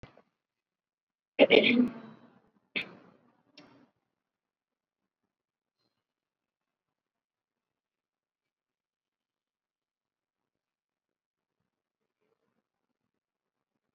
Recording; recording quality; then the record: shallow breathing; poor, much background noise or distortion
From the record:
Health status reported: COVID-19 positive, moderate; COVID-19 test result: positive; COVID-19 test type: RT-PCR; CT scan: not taken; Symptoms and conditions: cough, fever, fatigue, muscle pain, another condition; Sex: female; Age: 35 years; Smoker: no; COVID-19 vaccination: none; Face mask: worn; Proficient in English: yes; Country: India